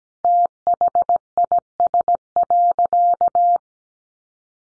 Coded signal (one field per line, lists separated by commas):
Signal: Morse code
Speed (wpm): 17 wpm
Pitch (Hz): 700 Hz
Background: none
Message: THIS.